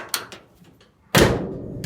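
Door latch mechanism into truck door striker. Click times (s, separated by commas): 0.1 s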